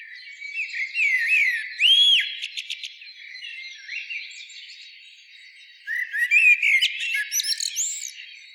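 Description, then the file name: Common blackbird song: rounded whistled notes rising and falling, a run of sharp high chips, a pause, then a fresh fluted phrase ending in squeaky twitters. "Turdus merula"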